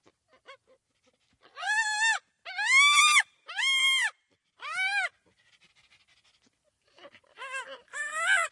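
Chimpanzee crying: a series of loud, arched, harmonic wails, about one a second, then a quiet gap and several more shrill cries.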